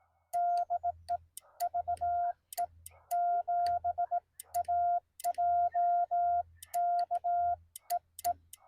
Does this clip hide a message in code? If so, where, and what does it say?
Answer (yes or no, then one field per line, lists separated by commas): yes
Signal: Morse code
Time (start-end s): 0.3-8.3 s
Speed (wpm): 18 wpm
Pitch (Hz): 700 Hz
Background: none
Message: DE VE7AJK EE